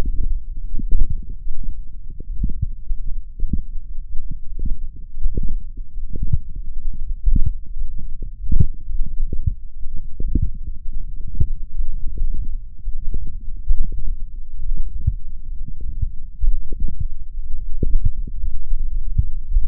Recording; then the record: forearm muscle sounds (acoustic myography)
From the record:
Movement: radial deviation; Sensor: system 1, eight BSWA MPA416 microphones around the upper forearm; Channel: 8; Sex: male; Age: 21 years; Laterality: right